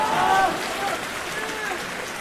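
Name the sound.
audience applause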